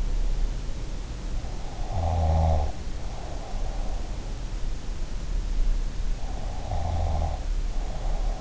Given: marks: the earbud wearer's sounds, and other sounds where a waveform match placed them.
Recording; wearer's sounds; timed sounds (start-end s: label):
sounds in sleep by an in-ear microphone; snoring breath
1.97-3.70 s: snoring breath
6.69-8.41 s: snoring breath